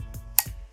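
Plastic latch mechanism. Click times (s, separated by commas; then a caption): 0.4 s. A finger presses the magazine release button on an airsoft/BB rifle to free its tight-fitting magazine from the mag well. A faint tap at 0.1 s is followed by one sharp, loud click at 0.4 s as the stiff, hard-to-release magazine is released.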